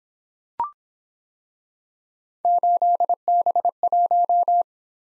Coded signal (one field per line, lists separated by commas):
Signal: Morse code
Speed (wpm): 25 wpm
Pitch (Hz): 700 Hz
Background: none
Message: 8B1